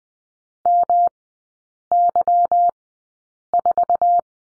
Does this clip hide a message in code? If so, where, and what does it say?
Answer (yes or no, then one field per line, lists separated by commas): yes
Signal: Morse code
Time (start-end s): 0.7-4.2 s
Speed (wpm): 20 wpm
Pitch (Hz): 700 Hz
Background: none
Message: MY4